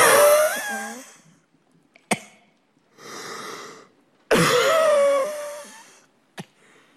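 An adult imitates a grandmother's extremely heavy, labored breathing: long, loud, strained breaths with whistling, wheeze-like tones and a quieter rasping inhale between them, plus a few short throat clicks. An imitation rather than a real patient.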